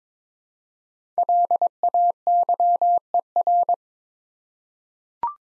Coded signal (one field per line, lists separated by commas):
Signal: Morse code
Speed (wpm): 22 wpm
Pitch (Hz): 700 Hz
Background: none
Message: LAYER